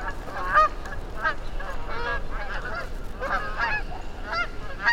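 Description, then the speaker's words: Canada Goose flight calls: overlapping harsh honks from several birds, irregular, repeated throughout. Flight of Canada geese passing overhead, heading north and calling, in early spring, in the woods at Mud Pond, a nature refuge in Vermont. "Then, because it's early spring, a flight of Canada geese passed overhead, heading north and calling."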